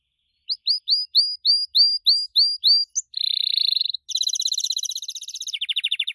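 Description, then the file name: Gloster canary singing a row of about ten sharp rising whistles, then a dense buzzy roll and two quick high trills, the second lower than the first. "canto do canario gloster"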